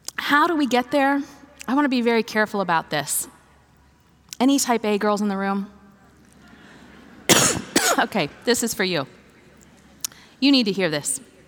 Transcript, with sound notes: How do we get there? I want to be very careful about this. Are there any Type A girls in the room? (laughter) Okay, this is for you. You need to hear this.